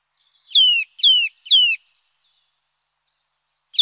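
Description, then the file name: Eurasian nuthatch giving three loud, clear, descending piping whistles in quick succession, then a pause and the start of another note. "Sittelle torchepot"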